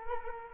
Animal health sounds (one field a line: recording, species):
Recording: mosquito wingbeat signal from an infrared sensor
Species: Culex quinquefasciatus